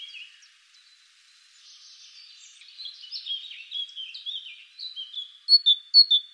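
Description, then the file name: Great tit phrases growing louder toward the end, after a quieter mix of twittering birdsong. Recorded in the Netherlands. "mesange charbonniere hollande"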